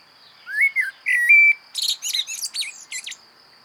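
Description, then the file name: Common blackbird song: a few fluted whistled notes, then a burst of high squeaky twittering notes, with a steady faint high tone in the background. "Turdus merula"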